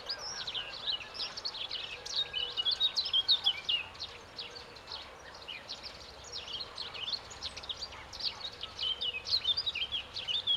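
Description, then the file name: Eurasian blackcap song: bright, fast warbled phrases of whistled notes over a noisy background. "Sylvia atricapilla"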